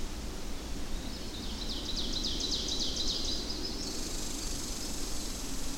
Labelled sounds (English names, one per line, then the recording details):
Ovenbird song
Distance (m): 90 m
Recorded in boreal forest in Alberta, Canada, on 25 June 2016 at 07:55
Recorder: SongMeter 3, array SBT-6-76
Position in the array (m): 295 m, 84 m
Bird 1